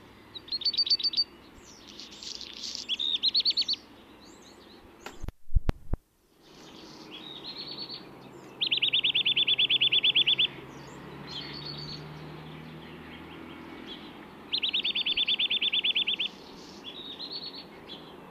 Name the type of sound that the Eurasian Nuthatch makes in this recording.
song